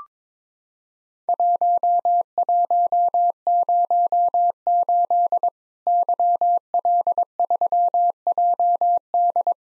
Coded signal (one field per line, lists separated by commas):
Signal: Morse code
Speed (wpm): 22 wpm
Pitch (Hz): 700 Hz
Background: none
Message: 1108 YL3JD